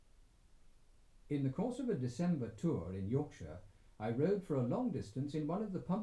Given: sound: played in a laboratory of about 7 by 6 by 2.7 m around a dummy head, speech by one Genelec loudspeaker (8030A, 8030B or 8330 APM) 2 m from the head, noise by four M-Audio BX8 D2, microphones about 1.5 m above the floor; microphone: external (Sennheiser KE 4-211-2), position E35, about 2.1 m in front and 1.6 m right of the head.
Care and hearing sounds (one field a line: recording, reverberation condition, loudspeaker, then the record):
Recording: male speech in English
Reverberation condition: low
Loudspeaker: 30 degrees to the right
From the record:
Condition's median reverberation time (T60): about 310 ms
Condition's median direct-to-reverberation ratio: about 3.5 dB